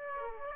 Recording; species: mosquito wingbeat signal from an infrared sensor; Aedes aegypti